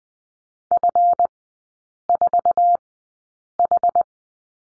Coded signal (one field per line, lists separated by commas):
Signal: Morse code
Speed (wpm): 20 wpm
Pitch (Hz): 700 Hz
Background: none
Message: F4H